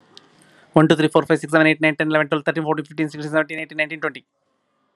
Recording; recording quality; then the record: counting at a fast pace; excellent, no background noise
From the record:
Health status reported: healthy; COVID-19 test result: not tested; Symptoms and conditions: none ticked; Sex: male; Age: 42 years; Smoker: not ticked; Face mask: not worn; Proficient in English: yes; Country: India